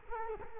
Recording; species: mosquito wingbeat signal from an infrared sensor; Culex quinquefasciatus